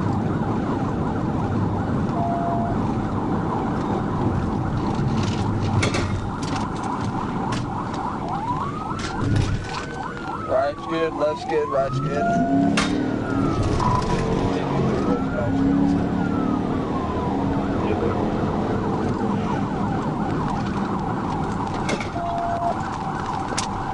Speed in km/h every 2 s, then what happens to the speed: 130, 127, 106, 97, 74, 66, 93, 101, 122, 111, 95, 79.
0-9 brakes to 66. 10-17 speeds up to 122. 17-24 brakes to 79.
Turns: none.